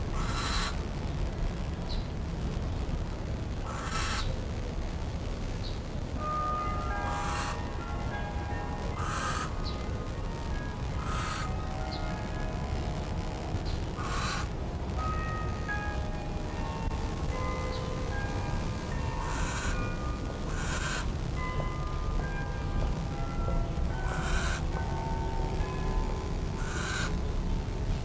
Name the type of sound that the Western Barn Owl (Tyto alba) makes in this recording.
call